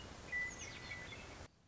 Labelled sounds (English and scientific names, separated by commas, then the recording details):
Western Meadowlark (Sturnella neglecta)
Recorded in Sonoma County, California